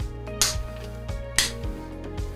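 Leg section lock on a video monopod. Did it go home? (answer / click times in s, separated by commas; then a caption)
yes / 0.4 s, 1.4 s. Quick-release leg locks on a section of a Manfrotto XPro 4 video monopod are snapped shut, giving two sharp clicks at 0.4 s and 1.4 s over a steady musical background. Both locks close and hold the leg section in place quickly and firmly.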